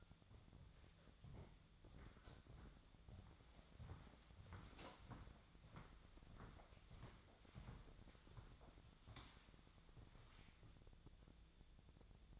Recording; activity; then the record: daily activity, microphone in the room; walk to room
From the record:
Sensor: 3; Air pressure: 1000.0 hPa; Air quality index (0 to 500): 121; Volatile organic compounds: 2 ppm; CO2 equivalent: 1091 ppm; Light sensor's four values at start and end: 38/94/41/45 and 38/93/41/45